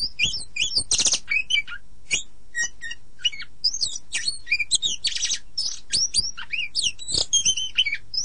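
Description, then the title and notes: Oriental magpie-robin singing a rapid, varied stream of whistles and slurred notes mixed with harsh raspy bursts, nearly continuous throughout, with a faint low hum behind. Compilation of songs. "suara kacer. kumpulan suara burung kacer"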